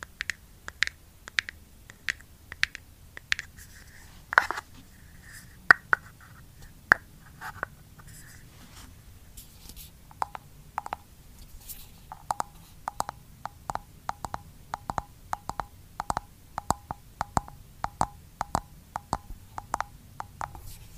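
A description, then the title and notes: Light taps on a skincare product container come in quick, fairly regular bursts through the whole stretch, each a short sharp click. Early taps ring with a brighter tone, and after about ten seconds a steady run of evenly spaced clicks continues over a faint low hum. Skincare product tapping. Blue yeti microphone.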